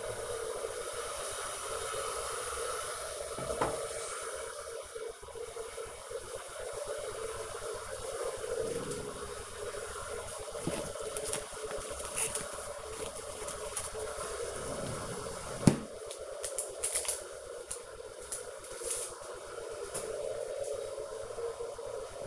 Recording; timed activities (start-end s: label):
household activities, microphone on the right wrist
0.00-22.27 s: making tea